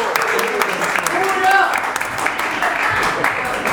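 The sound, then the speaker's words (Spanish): Steady audience applause fills the whole stretch, a dense crackle of many hands clapping at an even level, with a few cheering voices and a brief whistle-like tone rising above it, as a writer is introduced at a literary panel in Buenos Aires. “Ovaciones, abucheos, todo.”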